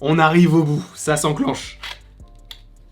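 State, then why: Seated. Someone talks while pushing a plastic part all the way into the hilt of a plastic toy saber (a Hasbro Star Wars Darksaber). A sharp click is heard at 2.5 s as the part seats and engages in place.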